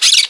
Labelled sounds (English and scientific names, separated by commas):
Brown-throated Parakeet (Eupsittula pertinax) contact call